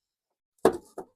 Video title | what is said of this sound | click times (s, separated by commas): How To Replace Brake Light Bulbs - Nissan Quest (Andy’s Garage: Episode - 506) | that one clicked in as well | 0.7 s